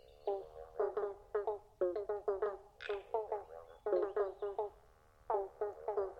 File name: pobblebonk frogs chorus